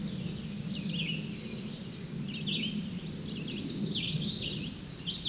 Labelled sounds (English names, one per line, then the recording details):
Red-eyed Vireo song
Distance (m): 20 m
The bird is about 10 m above the microphone
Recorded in a Pennsylvania forest on 16 May 2024 at 08:58
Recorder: AudioMoth, point MSD-2305
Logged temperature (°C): 16.9 °C
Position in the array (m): 58 m, 206 m